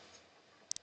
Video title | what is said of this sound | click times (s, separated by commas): DUCATI 748S CLUTCH ISSUE SOLVED | another two or three clicks and then I was happy | 0.7 s, 0.8 s